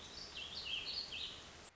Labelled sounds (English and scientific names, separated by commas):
Warbling Vireo (Vireo gilvus)